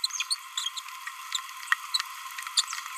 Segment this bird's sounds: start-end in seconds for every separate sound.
0.58-0.68, 0.77-0.79